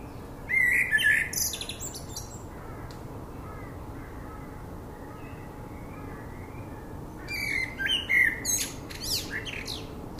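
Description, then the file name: Common blackbird giving two song phrases about seven seconds apart, each a brief fluty warble ending in a high scratchy twitter, with quiet pauses between. "Turdus merula"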